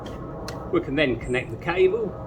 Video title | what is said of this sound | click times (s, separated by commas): Troglotech Crawler System Unboxing to First Survey | that slides on there clicks into place it can't be removed unless you remove the catch | 0.5 s